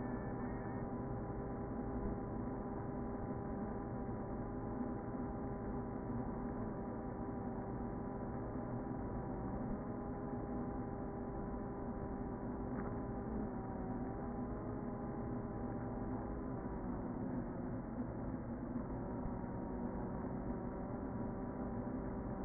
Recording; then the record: honeybee colony, microphone inside the hive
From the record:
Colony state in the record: queen present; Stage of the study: before two queens were removed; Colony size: about 60,000 bees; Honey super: yes